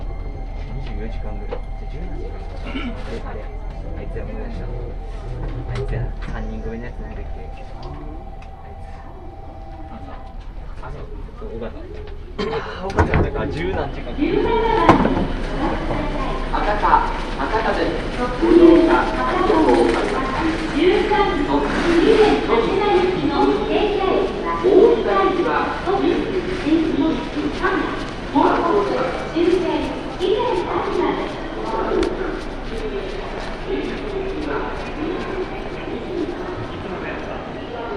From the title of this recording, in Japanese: 鉄道旅 佐賀→博多→中洲川端→呉服町